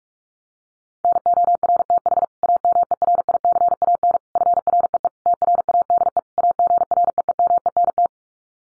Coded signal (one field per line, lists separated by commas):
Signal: Morse code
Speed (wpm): 44 wpm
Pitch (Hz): 700 Hz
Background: none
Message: NORTH AMERICAN FREE TRADE AGREEMENT